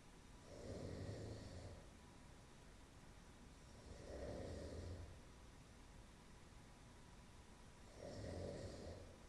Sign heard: Snoring at work.